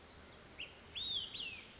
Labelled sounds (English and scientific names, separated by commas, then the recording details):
Olive-sided Flycatcher (Contopus cooperi)
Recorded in Sonoma County, California